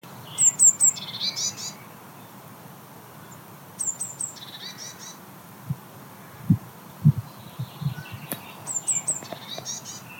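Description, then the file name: Eurasian blue tit calls: short bursts of three very high, thin, rapid notes repeated a few times, mixed with other chirps, over a steady low rumble and a few knocks. "Cyanistes caeruleus"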